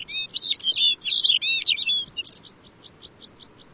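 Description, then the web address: Lapland bunting singing a rapid, tinkling jumble of high notes, then a string of short evenly spaced chips trailing off softly. "lapland bunting bird call"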